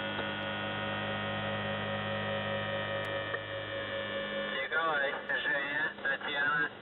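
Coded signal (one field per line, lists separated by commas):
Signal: channel marker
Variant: UVB-76 (The Buzzer)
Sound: a steady, harsh, droning buzz for about 4.5 seconds, then a man speaking over the radio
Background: radio static, voice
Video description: "The Buzzer" is a Russian military radiostation that broadcasts on 4625 kHz.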